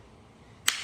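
A saw blade is slid down into the blade clamp of a Milwaukee D-handle jigsaw, and the blade-lock lever is released. After quiet low background, a sharp, bright click sounds at 0.7 s as the lever snaps all the way back, showing the blade is seated in the holder.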